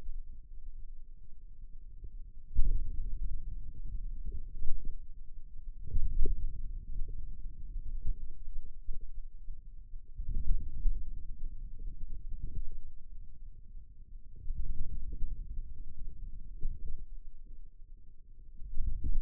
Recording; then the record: forearm muscle sounds (acoustic myography)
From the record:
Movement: wrist extension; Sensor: system 2, bracelet of six BSWA MPA416 microphones around the upper forearm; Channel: 3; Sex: male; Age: 22 years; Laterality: right